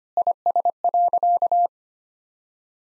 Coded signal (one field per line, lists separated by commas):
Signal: Morse code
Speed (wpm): 25 wpm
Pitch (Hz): 700 Hz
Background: none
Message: IS.